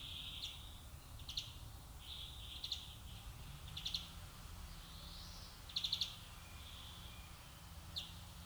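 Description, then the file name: European greenfinch calls: repeated clipped chirps in short bursts with a faint wheezy note midway, over a steady low rumble. "Chloris chloris"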